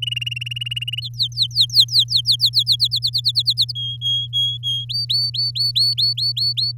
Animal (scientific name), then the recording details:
Serinus canaria. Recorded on 10 May 2018 at 05:44. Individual llb16